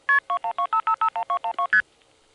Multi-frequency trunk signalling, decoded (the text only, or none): KP2125551212ST